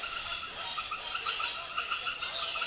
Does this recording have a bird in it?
yes